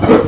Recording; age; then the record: pig call; growing-finishing pig (85 days or more)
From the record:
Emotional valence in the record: positive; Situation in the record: run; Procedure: transit